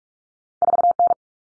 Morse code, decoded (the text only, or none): 4N